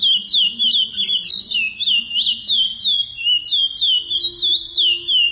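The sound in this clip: Chestnut-bellied seed finch singing a long, fluid run of sliding whistles that rise and fall, about three notes per second, over a faint low hum.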